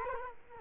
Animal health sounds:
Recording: mosquito wingbeat signal from an infrared sensor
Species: Culex quinquefasciatus

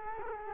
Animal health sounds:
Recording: mosquito wingbeat signal from an infrared sensor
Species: Culex quinquefasciatus

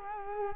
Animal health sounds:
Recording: mosquito wingbeat signal from an infrared sensor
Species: Culex quinquefasciatus

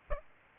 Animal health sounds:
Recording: mosquito wingbeat signal from an infrared sensor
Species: Aedes albopictus

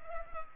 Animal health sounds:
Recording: mosquito wingbeat signal from an infrared sensor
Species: Culex pipiens

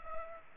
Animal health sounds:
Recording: mosquito wingbeat signal from an infrared sensor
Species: Culex pipiens

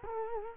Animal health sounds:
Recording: mosquito wingbeat signal from an infrared sensor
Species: Culex quinquefasciatus

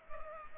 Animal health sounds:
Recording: mosquito wingbeat signal from an infrared sensor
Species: Culex pipiens

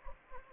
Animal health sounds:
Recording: mosquito wingbeat signal from an infrared sensor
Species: Anopheles gambiae

